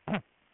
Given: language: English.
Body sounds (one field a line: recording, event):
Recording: throat vibration sensor signal played as sound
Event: throat clearing